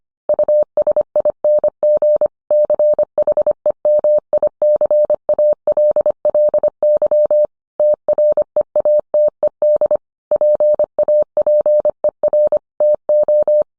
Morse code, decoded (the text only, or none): USING CHEMICALLY TREATED PAPER TO